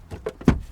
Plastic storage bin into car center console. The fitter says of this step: And then the storage bin snaps right in.